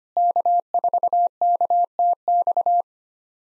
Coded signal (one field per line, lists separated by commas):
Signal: Morse code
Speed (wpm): 25 wpm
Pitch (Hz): 700 Hz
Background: none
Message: K4KTX